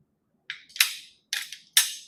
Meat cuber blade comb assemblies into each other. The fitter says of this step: they lock into place that way.